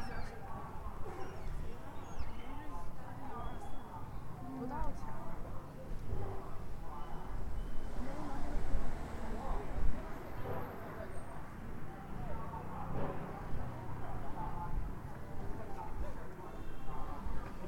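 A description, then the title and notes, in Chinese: Busy street on Andong Old Street in Dandong, with a steady crowd of overlapping voices, brief clatters and a high whistle around ten seconds. 丹东，安东老街。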